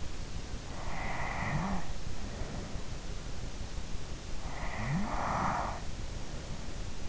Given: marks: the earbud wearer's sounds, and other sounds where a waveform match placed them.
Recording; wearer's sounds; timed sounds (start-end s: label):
sounds in sleep by an in-ear microphone; snoring breath
0.62-2.70 s: snoring breath
4.48-7.09 s: snoring breath